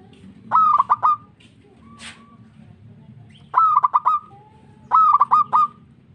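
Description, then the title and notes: Zebra dove song phrases repeated three times, each a clear coo with fast clicking breaks, plus a brief faint sound between the first two phrases. Local (lokal) variety. "Kicau Perkutut Lokal. Kicau Burung Perkutut"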